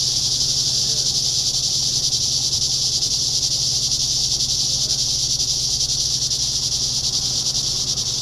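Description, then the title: Cicadas produce a continuous high, hissing drone that holds even throughout, with a low steady hum beneath it. Cicadas heard in summer. "summer cicadas"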